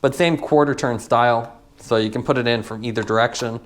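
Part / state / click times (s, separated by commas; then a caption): cycling computer into quarter-turn handlebar mount / not seated / none. Someone talks while a Bryton Rider S500 GPS cycling computer is handled at its quarter-turn aluminum out-front handlebar mount, about to be twisted in. Nothing has seated or clicked yet in this clip.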